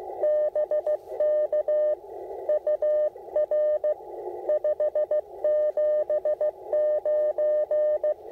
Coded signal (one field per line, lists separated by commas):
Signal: Morse code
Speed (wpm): 15 wpm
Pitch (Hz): 600 Hz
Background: none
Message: BK UR 579